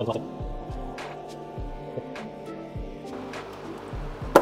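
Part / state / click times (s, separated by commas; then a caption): plastic plant pod holder into hydroponic planter lid / seated / 4.4 s. A plastic seed pod holder is pushed down into its hole in the plastic lid of a Nelson Garden Harvy 6 hydroponics planter, converted with an air stone, over background music while someone talks. The pod snaps into place with a short, sharp click at 4.4 s, seating it in the lid.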